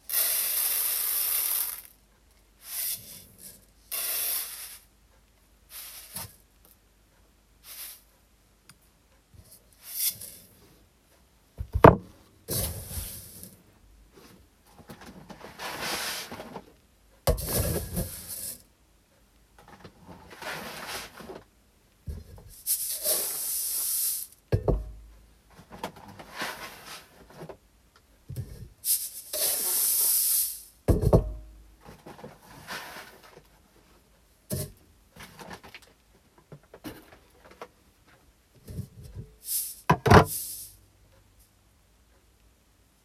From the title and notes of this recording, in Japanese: 環境音 お米出荷準備(点検)。モミすり後のお米(玄米)を、選別機にかけ、モミの残りや草の実など最終を手作業でチェック。